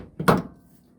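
The bottom socket of a new trunk lift support strut on an S197 is pushed onto the body's ball stud until it snaps in place. A softer knock at 0.2 s leads into a sharp snap at 0.3 s that fades quickly. The strut end is seated on the stud.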